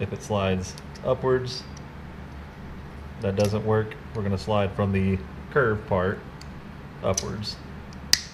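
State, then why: Seated. Someone talks while sliding a plastic action camera mounting buckle up from its curved end into a plastic chin mount base for a helmet. A sharp, brief click at 8.1 s marks the buckle snapping into place, and the buckle is seated.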